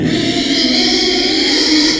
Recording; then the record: squeal of a Yucatan mini pig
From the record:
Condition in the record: after surgery on the right vocal fold (resection and tissue-engineered implant); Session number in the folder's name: 2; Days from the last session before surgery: 13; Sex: male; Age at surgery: 12 weeks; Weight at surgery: 13 kg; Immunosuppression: cyclosporine, prednisolone